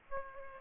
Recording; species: mosquito wingbeat signal from an infrared sensor; Aedes aegypti